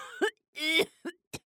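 Several short, harsh coughs from an adult.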